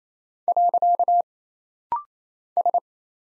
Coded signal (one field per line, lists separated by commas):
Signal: Morse code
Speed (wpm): 27 wpm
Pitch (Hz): 700 Hz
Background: none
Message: . S